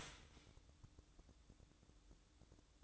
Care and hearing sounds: daily activity, microphone in the room; start toaster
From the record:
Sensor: 3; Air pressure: 1007.1 hPa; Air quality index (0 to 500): 55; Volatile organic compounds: 1 ppm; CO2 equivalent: 593 ppm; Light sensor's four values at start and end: 8/18/7/7 and 8/18/7/7

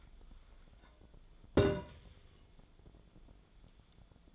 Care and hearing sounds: daily activity, microphone in the room; take from stove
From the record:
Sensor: 5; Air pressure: 1010.0 hPa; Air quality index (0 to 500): 149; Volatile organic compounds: 3 ppm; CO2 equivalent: 1452 ppm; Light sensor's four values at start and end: 238/582/248/271 and 237/571/246/272

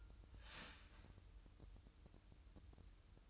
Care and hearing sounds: daily activity, microphone in the room; start toaster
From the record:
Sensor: 2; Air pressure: 988.4 hPa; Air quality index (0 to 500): 190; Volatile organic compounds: 180 ppm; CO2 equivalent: 4143 ppm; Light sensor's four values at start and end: 20/68/27/25 and 20/68/27/25

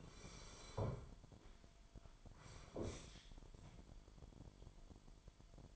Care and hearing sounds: daily activity, microphone in the room; sit down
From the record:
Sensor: 5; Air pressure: 998.7 hPa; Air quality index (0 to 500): 94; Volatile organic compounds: 2 ppm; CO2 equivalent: 1082 ppm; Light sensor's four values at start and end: 31/74/31/35 and 31/74/31/35

